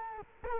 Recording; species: mosquito wingbeat signal from an infrared sensor; Culex quinquefasciatus